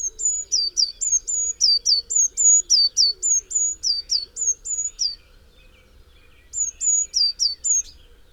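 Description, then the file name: Eurasian Blue Tit giving a long, steady series of piercing high notes with downward flicks, about four a second. The series pauses, then a brief run resumes. "Cyanistes caeruleus"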